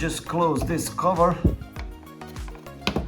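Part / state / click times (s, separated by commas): license plate frame cover snapping onto frame / seated / 2.9 s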